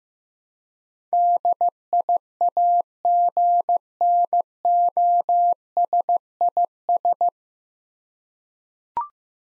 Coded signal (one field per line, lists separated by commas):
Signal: Morse code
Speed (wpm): 15 wpm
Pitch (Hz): 700 Hz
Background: none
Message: DIAGNOSIS